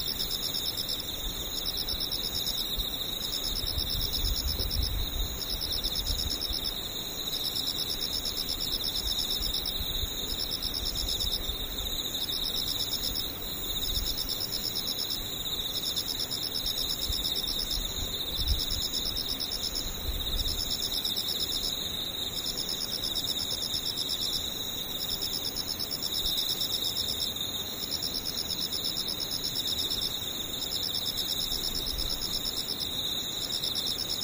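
Insects chirr steadily for the whole clip, a dense, high, shimmering trill with a fast regular pulse that never stops. Beneath it runs a soft low rumble that swells briefly a few times, around 5, 13 and 20 seconds.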